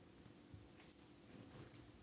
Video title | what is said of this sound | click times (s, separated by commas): The Sound Summit Live Stream - May 01, 2020 - Day 02 Complete | a little click and | 0.9 s